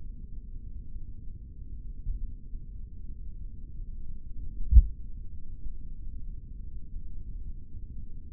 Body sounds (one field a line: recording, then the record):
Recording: forearm muscle sounds (acoustic myography)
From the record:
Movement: rest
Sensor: system 3, bracelet of six PUI Audio POM-2738L microphones around the upper forearm, with dedicated amplification and filtering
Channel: 1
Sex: male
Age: 56 years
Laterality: right